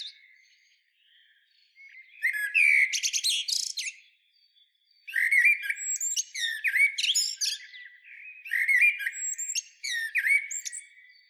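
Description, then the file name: Common blackbird singing three bursts of squeaky, scratchy high twittering mixed with short warbled notes, with quieter gaps between. "Turdus merula"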